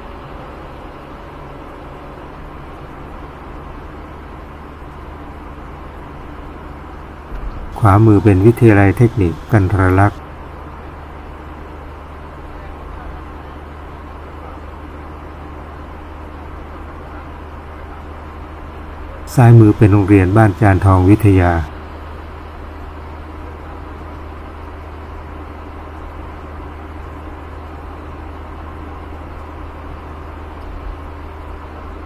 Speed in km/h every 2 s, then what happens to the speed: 73, 73, 73, 72, 72, 72, 73, 73, 74, 74, 76, 76, 75, 75, 75, 77.
0-32 steady at about 73.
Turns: none.